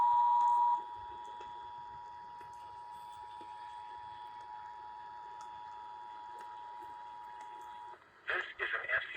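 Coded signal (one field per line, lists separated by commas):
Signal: Emergency Alert System (SAME) tones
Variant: 853 and 960 Hz attention tone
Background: speech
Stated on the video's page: EAS tests including a California tsunami drill.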